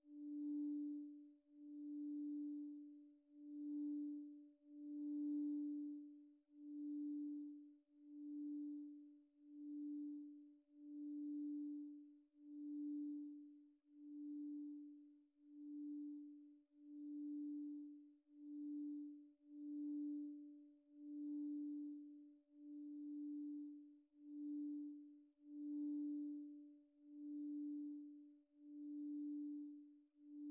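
Tibetan singing bowls ring in a single low, sustained tone that swells and fades in a steady, regular wobble, roughly once a second. A fainter, higher overtone hums unbroken above it, with faint bright shimmer on top, for the full half-minute.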